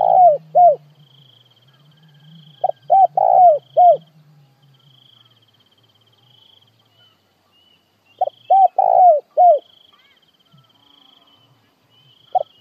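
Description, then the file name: Spotted dove repeating its cooing phrase, clipped notes then a longer dropping coo, phrases separated by long pauses, over a faint high-pitched trill. Calling to gather the flock. "Tieng cu gay goi bay"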